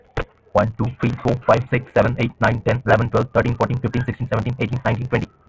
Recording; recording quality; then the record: counting at a fast pace; moderate, slight background noise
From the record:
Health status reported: healthy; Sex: male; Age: 18 years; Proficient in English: yes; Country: India